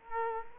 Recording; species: mosquito wingbeat signal from an infrared sensor; Culex quinquefasciatus